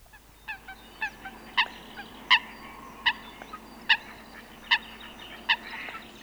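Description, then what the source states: Eurasian Coot giving sharp, explosive single calls, each a short harmonic note, with a few fainter calls between, over a steady low background hiss. Field recording from Sweden.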